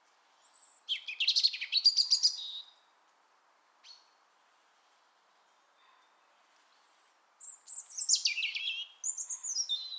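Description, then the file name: European robin song: two high, thin warbling phrases, tumbling between sharp whistles and trills, separated by a long quiet pause. "Erithacus rubecula"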